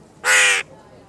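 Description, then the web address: Bird giving a single harsh, hoarse caw, a broad rasping note lasting under half a second. "cianscape. Deverinetal. Bird Only"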